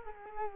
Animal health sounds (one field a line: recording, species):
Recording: mosquito wingbeat signal from an infrared sensor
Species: Culex quinquefasciatus